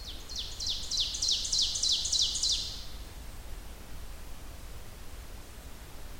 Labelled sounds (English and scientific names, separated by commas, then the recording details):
Ovenbird (Seiurus aurocapilla) song
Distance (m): 45 m
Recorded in boreal forest in Alberta, Canada, on 30 June 2016 at 07:15
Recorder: SongMeter 3, array SBT-6-79
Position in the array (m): 215 m, 19 m
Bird 39